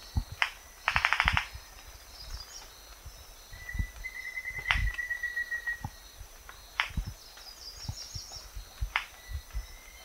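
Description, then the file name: Rufous-vented ground cuckoo bill clapping: a short rapid burst of dry clacks early on, then scattered single clicks, over a steady high insect hum, pulsing insects and thin whistles. Jacu song with bill clapping. "Canto do jacu estalo de bico verde"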